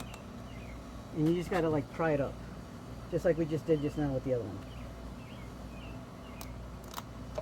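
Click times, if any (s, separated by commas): 7.0 s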